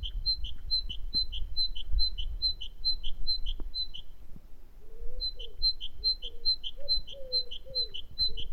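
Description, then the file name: Great tit singing a rapid, even series of bright two-part high phrases, pausing briefly before resuming; low rumble underneath. "Parus major"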